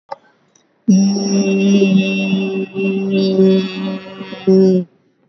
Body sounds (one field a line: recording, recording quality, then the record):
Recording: sustained vowel as in beet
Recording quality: excellent, no background noise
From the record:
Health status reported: recovered from COVID-19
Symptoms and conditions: none ticked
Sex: female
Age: 65 years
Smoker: not ticked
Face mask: worn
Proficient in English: no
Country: India